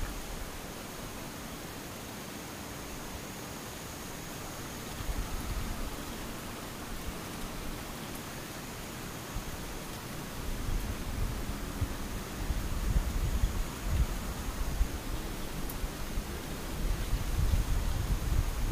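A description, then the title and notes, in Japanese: Steady, dense rain hiss with a thin, constant high insect whine above it, and a low rumble that swells louder after twelve seconds. 無音ムシ雨。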